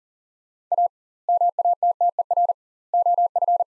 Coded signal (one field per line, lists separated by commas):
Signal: Morse code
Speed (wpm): 40 wpm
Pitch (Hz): 700 Hz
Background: none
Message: A MATTER OF